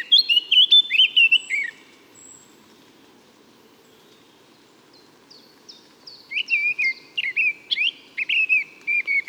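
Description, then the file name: Eurasian blackcap song: a rich warbling phrase of rapid varied notes, a pause of several seconds, then another fluty run of quick whistled notes. "Sylvia atricapilla"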